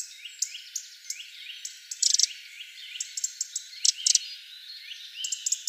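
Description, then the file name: Eurasian wren giving hard, clicking tic calls, singly and in short bursts, over a busy background of soft chirping notes from other birds. "Troglodytes troglodytes"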